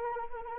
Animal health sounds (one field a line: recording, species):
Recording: mosquito wingbeat signal from an infrared sensor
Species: Anopheles arabiensis